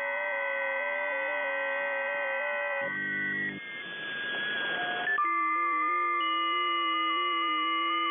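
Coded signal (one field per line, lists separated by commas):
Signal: FT8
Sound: many overlapping soft steady tones shifting pitch slowly, with a short burst of noise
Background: radio static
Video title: FT8 on 40m Airspy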